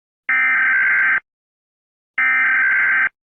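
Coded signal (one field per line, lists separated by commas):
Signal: Emergency Alert System (SAME) tones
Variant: header bursts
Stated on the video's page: Fictional flood warning EAS scenario, not a real alert.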